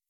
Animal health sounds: hydrophone in a shrimp aquaculture tank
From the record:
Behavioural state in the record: weakened

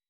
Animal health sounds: hydrophone in a shrimp aquaculture tank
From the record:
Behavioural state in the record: weakened

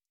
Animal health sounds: hydrophone in a shrimp aquaculture tank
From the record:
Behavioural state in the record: stressed

